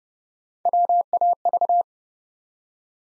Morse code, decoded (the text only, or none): WAV